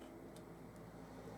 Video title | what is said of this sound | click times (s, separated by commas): Delboy's Garage, Triumph Bonneville Tail Tidy. | going with a nice click | 0.4 s